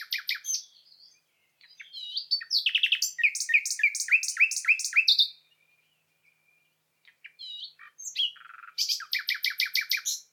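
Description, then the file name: Common nightingale song: varied phrases with rapid repeated notes, a fast run of sharp chirps, a buzzy burst, then another quick repeated trill after a short pause. "Luscinia megarhynchos"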